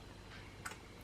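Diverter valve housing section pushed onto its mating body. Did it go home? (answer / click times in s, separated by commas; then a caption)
yes / 0.7 s. A GFB DV+ aftermarket turbo diverter valve for a Fiesta ST180 is assembled: a housing section is lined up by its holes and given a small push onto its mating body. It snaps together with a single short click at 0.7 s over a quiet background, and the parts are seated, ready to be screwed down to compress the O-rings.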